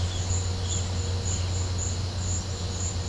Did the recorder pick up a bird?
no